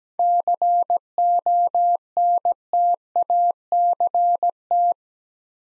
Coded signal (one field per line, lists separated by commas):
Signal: Morse code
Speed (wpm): 17 wpm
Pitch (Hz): 700 Hz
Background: none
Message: CONTACT